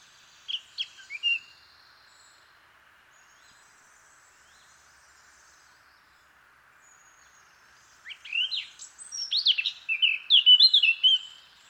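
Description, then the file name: Eurasian blackcap song: a few brief notes, a long pause, then a tumbling warbled phrase of chattering and fluty notes. "Sylvia atricapilla"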